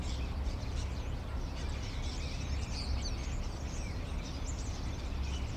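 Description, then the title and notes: Common starlings chattering in a dense mix of squeaks, clicks and short whistles throughout, beneath a steady low rumble of background noise. Starlings perched on a crane in an inner courtyard, Rue Tasson-Snel 9, Saint-Gilles, Belgium; recorded with a Sony PCM-M10. "Étourneaux sur une grue, intérieur dîlot. Starlings on a crane, Inner courtyard."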